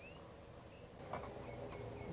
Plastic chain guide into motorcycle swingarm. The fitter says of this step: And you'll feel it when it just pops right in.